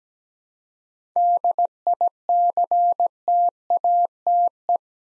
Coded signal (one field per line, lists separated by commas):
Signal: Morse code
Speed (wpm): 17 wpm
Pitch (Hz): 700 Hz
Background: none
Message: DICTATE